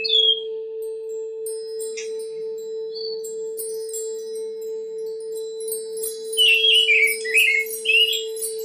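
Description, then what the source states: Oriental magpie-robin giving a brief whistle, then near-silence, then a lively run of warbled, sliding notes toward the end; a constant low hum underneath. Long-duration chirping.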